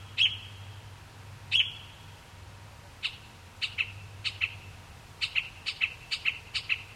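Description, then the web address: Mockingbird giving short high chip notes, first two loud ones, then a spaced series of softer repeated chips, with a low hum beneath. "david sounds Mimus"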